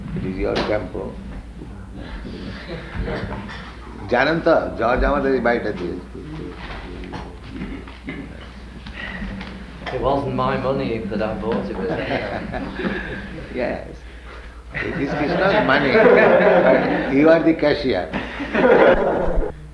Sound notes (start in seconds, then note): 11.6 laughs; 14.8 laughter